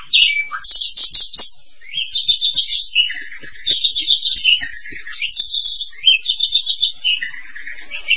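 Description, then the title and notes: Starling song, a varied medley of buzzy trills, chattering notes and short whistles running almost continuously. "suara burung jalak"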